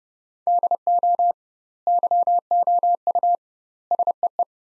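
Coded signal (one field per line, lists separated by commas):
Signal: Morse code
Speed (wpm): 30 wpm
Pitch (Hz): 700 Hz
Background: none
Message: DO YOU SEE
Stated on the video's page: Morse practice sentences from the top 100 words at 30 wpm with 2x word-spacing, a Farnsworth-like approach.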